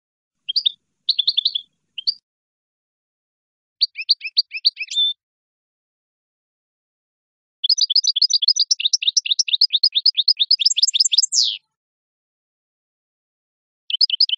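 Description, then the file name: European goldfinch song: scattered twittering phrases, then a long, fast run of high chirps ending in a downward slur, followed by a brief final twitter. "audio burung goldfinch"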